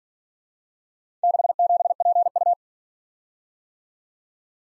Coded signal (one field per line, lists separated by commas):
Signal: Morse code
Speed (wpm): 47 wpm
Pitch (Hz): 700 Hz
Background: none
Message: 67PU